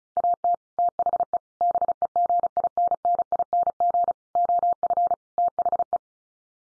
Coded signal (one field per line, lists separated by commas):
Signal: Morse code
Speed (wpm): 34 wpm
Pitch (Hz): 700 Hz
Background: none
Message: AT THE BEGINNING OF THE